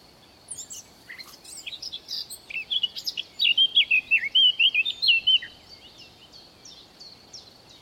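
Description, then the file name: Eurasian blackcap singing: a brief chattering warble leads into a loud, rich phrase of fluted whistles, then fades to soft high twitters. "Sylvia atricapilla"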